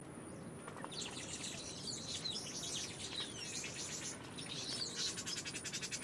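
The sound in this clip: Orange weaver chatter: continuous high, scratchy twittering with thin slurred notes, ending in a rapid buzzy ticking run, all over a low background rumble.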